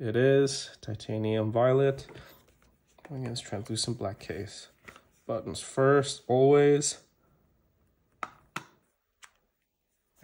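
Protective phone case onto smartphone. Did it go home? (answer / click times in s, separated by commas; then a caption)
yes / 8.2 s, 8.6 s. Someone talks while pressing a translucent black Torras OStand R protective case onto a titanium violet Samsung Galaxy S24 Ultra, buttons side first. Two sharp taps are heard at 8.2 s and 8.6 s. The case is seated snugly on the phone without a distinct click.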